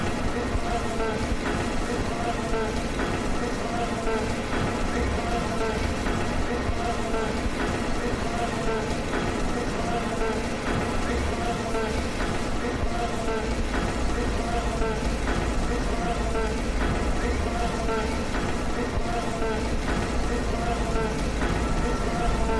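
Street traffic from cars, trucks and buses rumbles steadily, a dense, unbroken wash of engine noise with a constant low drone. Murmured voices run through it, and small clanks and taps recur throughout. The level holds even for the whole stretch.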